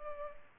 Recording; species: mosquito wingbeat signal from an infrared sensor; Culex pipiens